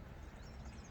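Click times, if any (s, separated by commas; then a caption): none. The semi-rigid SW-Motech pannier bag's mounting plate is handled against the side carrier rack on the second side of a Moto Guzzi V85TT. Only a steady low-frequency rumble and faint handling noise are heard, with no sharp transients. Nothing has seated or clicked yet.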